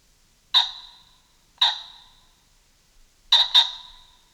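Common pheasant giving two separate harsh, barking notes followed by a quick double note, each ringing briefly before fading.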